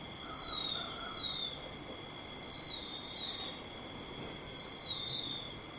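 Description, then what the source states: Silvereye producing high, thin downslurred whistled calls in pairs or singly, three groups within six seconds, over a continuous faint high hum. Subspecies vegetus.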